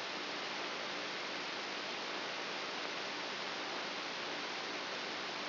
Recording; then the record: brain microelectrode recording played as sound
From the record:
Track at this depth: outside the subthalamic nucleus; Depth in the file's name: 6.44 mm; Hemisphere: right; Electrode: 2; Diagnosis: Parkinson's disease